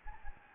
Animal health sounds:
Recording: mosquito wingbeat signal from an infrared sensor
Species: Anopheles gambiae

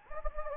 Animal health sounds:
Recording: mosquito wingbeat signal from an infrared sensor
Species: Anopheles gambiae

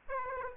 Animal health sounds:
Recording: mosquito wingbeat signal from an infrared sensor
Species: Aedes aegypti

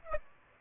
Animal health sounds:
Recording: mosquito wingbeat signal from an infrared sensor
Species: Aedes aegypti

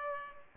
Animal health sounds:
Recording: mosquito wingbeat signal from an infrared sensor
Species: Culex pipiens

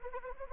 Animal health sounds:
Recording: mosquito wingbeat signal from an infrared sensor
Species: Anopheles arabiensis

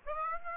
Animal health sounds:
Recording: mosquito wingbeat signal from an infrared sensor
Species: Aedes aegypti

